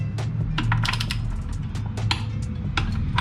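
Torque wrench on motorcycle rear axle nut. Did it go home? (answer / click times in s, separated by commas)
yes / 2.1 s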